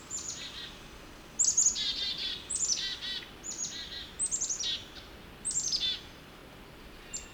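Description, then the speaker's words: Chickadees giving agitated calls, high thin notes followed by buzzy dee notes, in repeated bursts. A group of chickadees sounding upset about something unknown, heard while heading back to the car; Connecticut Hill Wildlife Management Area, April 28. "I come across a group of chickadees. They sound upset about something."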